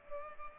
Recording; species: mosquito wingbeat signal from an infrared sensor; Culex pipiens